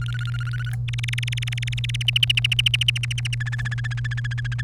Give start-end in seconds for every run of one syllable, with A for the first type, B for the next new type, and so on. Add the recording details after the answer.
0.01-0.75 A, 0.88-2.02 B, 2.08-3.35 C, 3.40-4.61 D. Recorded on 30 April 2018 at 16:48. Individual llb3